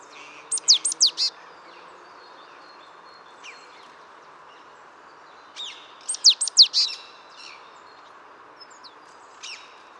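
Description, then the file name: Great tit calls: two clusters of rapid high, sharp notes about six seconds apart, with faint scattered chips and a steady low background hiss. "Parus major"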